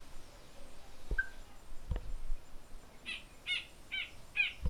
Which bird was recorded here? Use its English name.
Spot-flanked Barbet